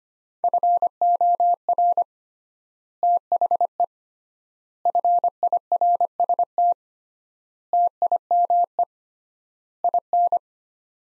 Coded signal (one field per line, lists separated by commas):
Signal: Morse code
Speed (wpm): 25 wpm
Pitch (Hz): 700 Hz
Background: none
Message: FOR THE FIRST TIME IN